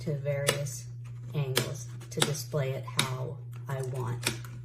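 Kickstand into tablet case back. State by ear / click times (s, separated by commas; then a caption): not seated / none. Someone talks while handling the plastic kickstand on the back of an iPad 10th generation tablet case, set to be pressed by its release tab and slid back into the case to lock. A steady low hum runs under the speech, with a few brief sharp ticks between words. The kickstand has not slid back or locked yet, and nothing has seated or clicked.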